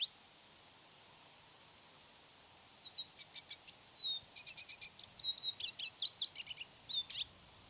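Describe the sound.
Lesser goldfinch song: a rambling stream of high twitters, downslurred whistles and quick notes over several seconds.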